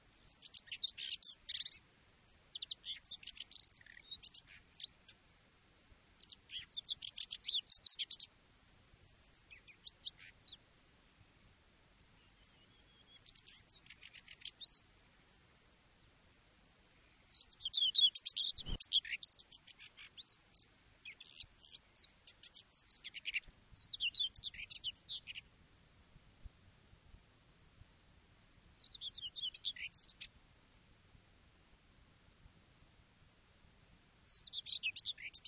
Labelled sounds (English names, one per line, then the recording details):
Common Whitethroat song
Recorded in the wild
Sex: male
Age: adult
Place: Möhrendorf, Bayern, DE
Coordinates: 49.6372, 10.9831
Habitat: pond
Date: 1962-06-04
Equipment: Stellavox SM 5, AKG D19-200, langes Kabel, Original, Vollspur
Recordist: Tretzel, Erwin